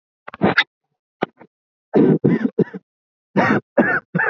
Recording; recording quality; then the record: shallow voluntary cough; excellent, no background noise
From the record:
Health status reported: healthy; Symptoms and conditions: cough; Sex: male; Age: 20 years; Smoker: not ticked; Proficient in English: yes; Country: India